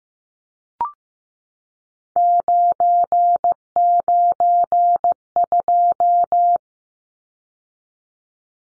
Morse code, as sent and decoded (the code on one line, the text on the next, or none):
----. ----. ..---
992